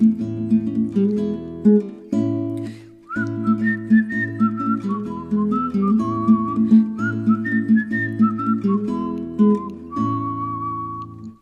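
A child whistles a bouncy tune of clear, high, sliding notes over steady instrumental accompaniment, the melody rising and falling in short phrases without pause.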